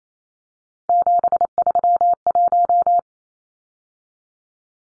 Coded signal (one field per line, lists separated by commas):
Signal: Morse code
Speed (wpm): 28 wpm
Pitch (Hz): 700 Hz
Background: none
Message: 731